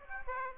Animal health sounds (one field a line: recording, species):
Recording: mosquito wingbeat signal from an infrared sensor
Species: Aedes aegypti